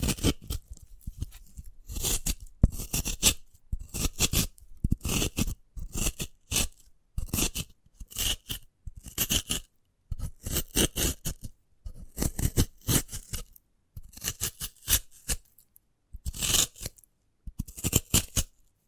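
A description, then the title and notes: Sprouted coconut handled in short, crisp bursts of cutting, scraping and crunching, repeating every second or so with brief silent gaps between. ASMR of a Sprouted Coconut (No Talking).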